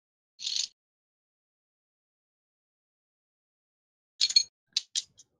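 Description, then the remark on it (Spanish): Four-sided and eight-sided dice, rolled for damage, rattle and clatter across a table in short, bright bursts: one quick roll, a pause, then a cluster of clicks as they tumble and settle. No one speaks. “Dados de 4, dados de 8, dados de... aquí.”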